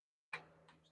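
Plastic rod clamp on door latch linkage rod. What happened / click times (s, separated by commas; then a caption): The plastic clip snapped onto the rod / 0.3 s. A plastic rod clamp on the door latch linkage rod of a Honda CR-V, being repaired for door grinding, is pushed back onto the rod with backwards pressure until it flips shut. After silence, a sharp click at 0.3 s is followed by a fainter tick at 0.7 s and a brief low thump at the end. The clamp is seated and sturdy on the rod.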